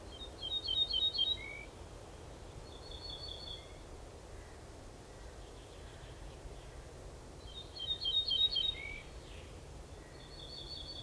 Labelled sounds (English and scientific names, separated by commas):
Ortolan Bunting (Emberiza hortulana) song